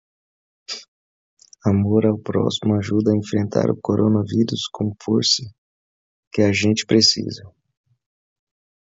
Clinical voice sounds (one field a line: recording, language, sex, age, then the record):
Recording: spoken sentence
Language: Brazilian Portuguese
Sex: male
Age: 30 to 39 years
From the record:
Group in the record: control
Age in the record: 39 years